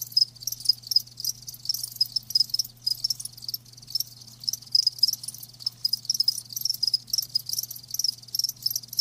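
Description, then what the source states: Many crickets chirping in a thick, continuous high chorus of fast pulsing notes, a constant low hum beneath. Live crickets chirping, presented as a lulling sound to help fall asleep and stay asleep.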